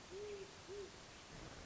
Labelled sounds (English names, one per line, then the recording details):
Great Horned Owl
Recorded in Sonoma County, California